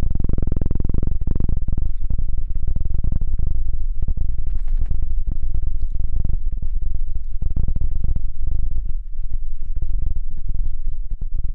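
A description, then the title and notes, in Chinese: Intense ear-cleaning sounds in a whirling "helicopter" style: a deep, muffled rumble packed with rapid scratchy crackles and soft thumps. It stays loud and nearly unbroken for the whole twelve seconds, easing only briefly around the nine-second mark. 3D颅内直升机 穿过大脑的强力掏耳。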